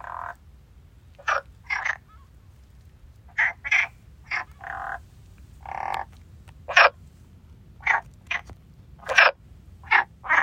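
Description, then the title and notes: Frogs giving brief grating croaks in irregular bursts, with a few drawn-out lower croaks in between. Frogs singing by the stone bridge at Lagoa de Traba lagoon. "Lagoa De Traba Rás. Rás cantando na Lagoa de Traba. Gravación das rás cantando no ponte de pedra da Lagoa de Traba"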